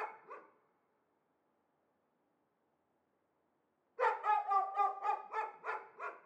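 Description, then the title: Dog barking: two short barks, a long silence, then a rapid excited burst of several barks. Two or possibly three dogs, apparently shut in cages, excite one another at the slightest outside noise; continuous rush of the Arveyron river far off; Chamonix-Mont-Blanc, France. "Chamonix-Mont-Blanc, Auvergne-Rhône-Alpes, France - 2 (ou peut-être 3) chiens"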